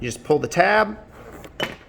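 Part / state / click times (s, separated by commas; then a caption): ratchet belt buckle release tab / released / 1.6 s. Someone talks while the release tab on a Kore Essentials ratchet belt buckle is pulled. The belt lets go with a sharp click at 1.6 s, and the buckle is released.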